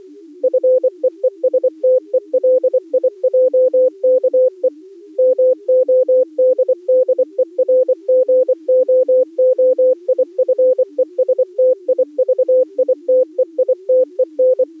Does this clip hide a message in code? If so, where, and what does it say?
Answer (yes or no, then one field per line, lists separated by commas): yes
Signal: Morse code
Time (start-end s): 0.4-14.6 s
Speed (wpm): 24 wpm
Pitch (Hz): 510 Hz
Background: music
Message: FEESTELIJKE MODDERGOOIFESTIVITEITEN